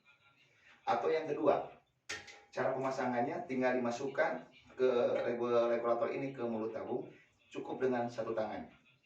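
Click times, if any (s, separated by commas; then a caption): none. Someone talks while handling a gas regulator being pushed one-handed onto the mouth (valve) of an LPG cylinder. The regulator has not yet locked, and nothing has seated or clicked yet.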